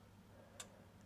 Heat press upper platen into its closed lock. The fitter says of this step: Uh if you can hear, I'm just pushing it in and it's just coming out and it's not clicking into place.